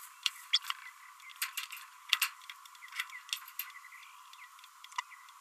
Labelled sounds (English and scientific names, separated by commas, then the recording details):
Green-rumped Parrotlet (Forpus passerinus) babbling
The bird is a female
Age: 30 days
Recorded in a nest box in Venezuela
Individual 17B32A5